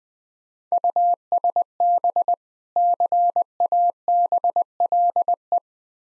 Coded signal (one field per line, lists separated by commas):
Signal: Morse code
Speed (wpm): 21 wpm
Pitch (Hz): 700 Hz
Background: none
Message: USB CABLE